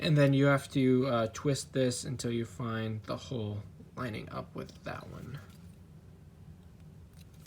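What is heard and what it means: Someone talks while twisting a lightsaber component on its chassis until its hole lines up with the matching hole, ready to be screwed on. Only faint handling ticks are heard under the voice, fading to quiet room noise near the end. Nothing has seated or clicked yet.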